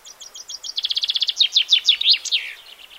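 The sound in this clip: Common chaffinch song: a bright, accelerating series of high chipping notes that speeds into a dry trill, then ends in a quick descending flourish.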